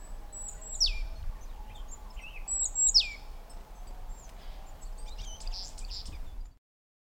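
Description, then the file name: Great tit giving two high descending calls, followed by scattered other high notes before the sound cuts off. "Parus major"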